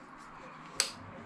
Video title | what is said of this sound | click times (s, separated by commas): I bought a CORDLESS pressure washer - Toolbox Tour Part 29 | There we go, hear it click. | 0.8 s